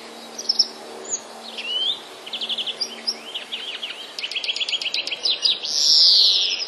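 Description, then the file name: European greenfinch song: rapid twittering trills and rattles, then a fast series of sharp notes and a drawn-out buzzy wheeze at the end, over steady background hiss. Recorded on 24 March 2012. "dzwoniec 24 03 2012"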